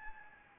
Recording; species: mosquito wingbeat signal from an infrared sensor; Anopheles gambiae